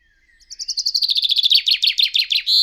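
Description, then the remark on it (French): A European robin sings alone: a high, thin series of repeated notes that quickens into a rapid, slightly descending trill and ends on a brief sustained whistle. “Bah, le rouge-gorge.”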